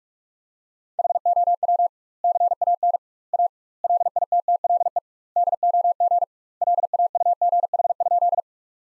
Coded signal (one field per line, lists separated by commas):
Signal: Morse code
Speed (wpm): 47 wpm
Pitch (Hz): 700 Hz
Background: none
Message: HOW CAN A LITTLE DOG LAUGH?